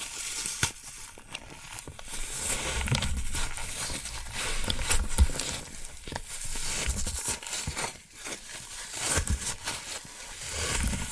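Floral foam being worked, with a dense, continuous crackling and crunching that runs the whole time. The texture is bright and gritty, marked by frequent sharp snaps and small bursts, with a brief lull around eight seconds before the crumbling picks up again.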